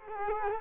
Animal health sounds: mosquito wingbeat signal from an infrared sensor; Culex quinquefasciatus

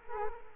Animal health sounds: mosquito wingbeat signal from an infrared sensor; Culex quinquefasciatus

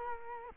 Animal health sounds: mosquito wingbeat signal from an infrared sensor; Culex quinquefasciatus

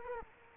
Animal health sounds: mosquito wingbeat signal from an infrared sensor; Culex quinquefasciatus

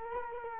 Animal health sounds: mosquito wingbeat signal from an infrared sensor; Culex quinquefasciatus

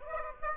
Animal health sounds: mosquito wingbeat signal from an infrared sensor; Aedes aegypti

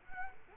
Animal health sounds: mosquito wingbeat signal from an infrared sensor; Culex quinquefasciatus

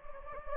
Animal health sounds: mosquito wingbeat signal from an infrared sensor; Anopheles gambiae

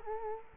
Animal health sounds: mosquito wingbeat signal from an infrared sensor; Culex quinquefasciatus

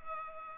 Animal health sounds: mosquito wingbeat signal from an infrared sensor; Culex pipiens

